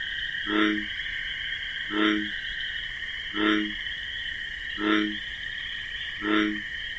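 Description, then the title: Bullfrog calling with brief low twanging croaks at regular intervals, set against a continuous chorus of crickets. Night in wetlands with marsh grasses; bullfrog's deep 'jug-o-rum' call amid a nocturnal chorus of crickets. "Bullfrog Sound. The Wondrous Wetlands"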